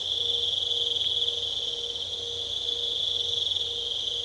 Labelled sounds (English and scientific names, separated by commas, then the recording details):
none
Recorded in pastures near Puerto Asís, Putumayo, Colombia, on 22 December 2024 at 20:30
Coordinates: 0.486, -76.323
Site GP01